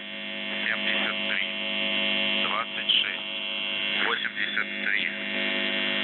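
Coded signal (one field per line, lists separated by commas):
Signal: numbers station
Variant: UVB-76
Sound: steady low harmonic buzz throughout, with brief faint spoken-voice fragments over it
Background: radio static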